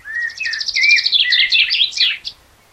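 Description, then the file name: Common blackbird song: mellow fluted notes under a rapid, scratchy high-pitched twitter that ends the phrase abruptly. "Turdus merula"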